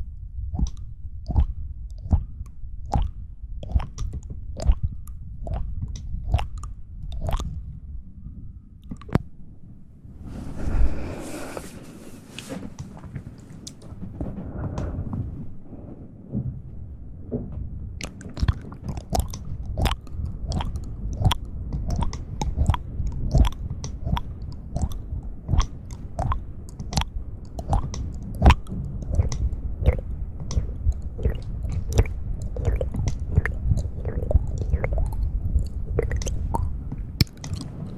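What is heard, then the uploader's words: Wet mouth sounds and sharp clicks come in quick irregular bursts, with a brief softer rustly pause around eleven seconds before resuming densely. Mouth sounds, tapping.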